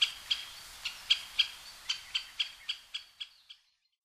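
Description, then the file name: Great spotted woodpecker giving sharp, short kik calls, about a dozen in under four seconds at uneven intervals, fading out toward the end over a quiet background. Recorded at Osado, Sado, on 19 June 2009. "akagera 1 osado mju"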